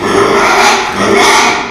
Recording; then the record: squeal of a Yucatan mini pig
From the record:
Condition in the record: after surgery on the right vocal fold (resection and tissue-engineered implant); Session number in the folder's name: 2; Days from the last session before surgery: 13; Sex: male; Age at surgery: 12 weeks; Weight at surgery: 13 kg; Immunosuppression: cyclosporine, prednisolone